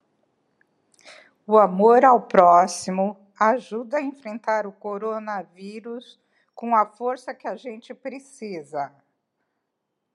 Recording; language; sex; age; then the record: spoken sentence; Brazilian Portuguese; female; 60 to 69 years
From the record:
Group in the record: control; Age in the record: 67 years